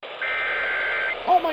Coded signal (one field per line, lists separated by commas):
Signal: Emergency Alert System (SAME) tones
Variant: header bursts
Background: speech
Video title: Eas svr on kwkh 1130am Eas#636